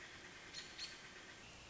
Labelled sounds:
American Robin
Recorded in Sonoma County, California

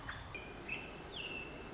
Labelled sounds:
American Robin
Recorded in Sonoma County, California

